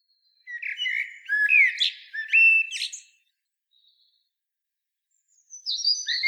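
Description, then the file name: Common blackbird song phrase of mellow fluted whistles laced with squeaks, then after a pause the start of another phrase. "Turdus merula"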